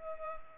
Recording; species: mosquito wingbeat signal from an infrared sensor; Culex pipiens